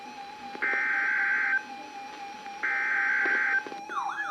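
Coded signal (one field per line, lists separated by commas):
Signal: Emergency Alert System (SAME) tones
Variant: header bursts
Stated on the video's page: Severe thunderstorm warning received on four NOAA Weather Radio stations.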